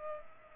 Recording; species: mosquito wingbeat signal from an infrared sensor; Culex pipiens